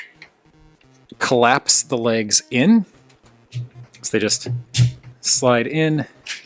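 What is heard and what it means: Someone talks while the plastic leg sections of a transforming robot toy are collapsed, sliding into the body during transformation, with a few faint handling ticks. The leg panels are handled but not yet home; nothing has seated or clicked into place yet.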